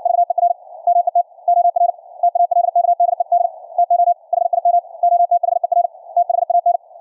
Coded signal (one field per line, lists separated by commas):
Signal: Morse code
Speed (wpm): 61 wpm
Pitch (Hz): 700 Hz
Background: none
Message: VER MET OR TALKDED TO HIM OTHER THAN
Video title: QRQ CW NET on 40 meters - recorded LIVE from an Elecraft K3S on 4-28-2019